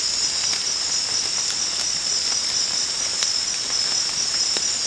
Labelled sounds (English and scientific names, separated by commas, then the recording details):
none
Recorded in secondary vegetation near Puerto Asís, Putumayo, Colombia, on 19 March 2025 at 23:30
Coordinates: 0.484, -76.319
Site G010